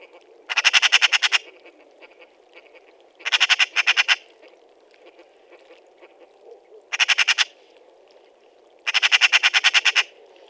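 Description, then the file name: Eurasian magpie chattering: four harsh, machine-gun rattles of rapid repeated notes spaced a few seconds apart, over faint background noise. "Pica pica"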